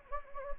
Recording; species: mosquito wingbeat signal from an infrared sensor; Anopheles gambiae